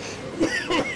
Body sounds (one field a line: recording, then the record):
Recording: coughing mixed with background sound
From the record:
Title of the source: Dry Afternoon Cough